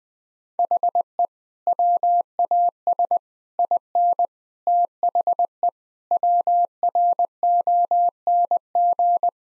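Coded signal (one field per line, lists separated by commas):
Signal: Morse code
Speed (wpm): 21 wpm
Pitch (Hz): 700 Hz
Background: none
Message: HE WAS IN THE WRONG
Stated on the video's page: Practice sentences containing common eight-word phrases at 20 wpm.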